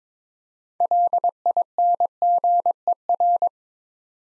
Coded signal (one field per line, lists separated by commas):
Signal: Morse code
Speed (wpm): 22 wpm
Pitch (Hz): 700 Hz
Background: none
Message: LINGER